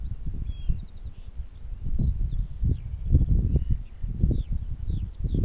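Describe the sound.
Eurasian skylark song, fast, high chirps and trills over steady low rumbling noise.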